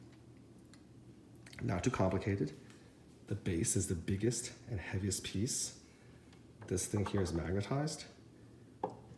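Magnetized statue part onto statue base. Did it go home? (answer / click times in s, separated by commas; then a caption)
yes / 8.8 s. A magnetized piece of a chromed Silver Surfer collectible statue is set onto its black hole base, the biggest and heaviest piece. Someone talks throughout, with a few faint ticks early on. At 8.8 s the piece snaps on with a sharp knock and locks in place.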